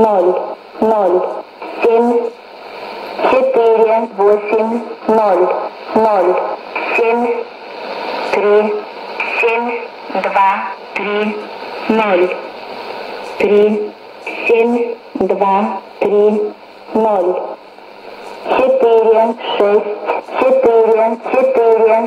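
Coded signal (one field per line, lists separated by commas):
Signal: numbers station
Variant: S06s, Russian female voice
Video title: 10 05 2017 Numbers station S06s Russian Lady in Russian to Eu 0824 on 9485 unknown tx site in CUSB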